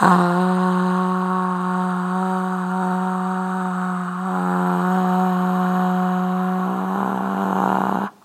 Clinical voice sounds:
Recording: sustained vowel /a/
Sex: female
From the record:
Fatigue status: no fatigue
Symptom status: symptomatic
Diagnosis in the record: COVID-19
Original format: m4a

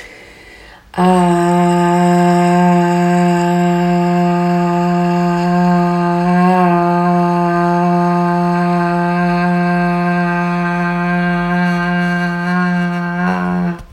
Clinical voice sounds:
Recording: sustained vowel /a/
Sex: female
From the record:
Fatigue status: no fatigue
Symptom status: symptomatic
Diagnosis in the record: COVID-19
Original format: m4a

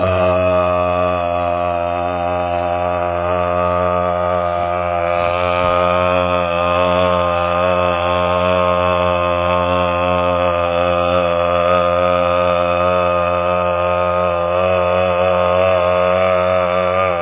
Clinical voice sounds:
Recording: sustained vowel /a/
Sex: male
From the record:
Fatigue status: fatigue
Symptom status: symptomatic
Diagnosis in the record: COVID-19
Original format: 3gp

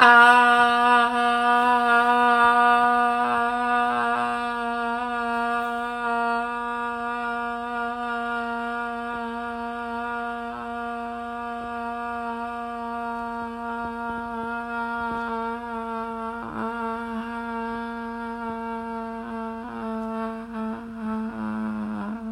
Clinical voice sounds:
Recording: sustained vowel /a/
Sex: female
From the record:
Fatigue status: fatigue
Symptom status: symptomatic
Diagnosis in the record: COVID-19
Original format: m4a

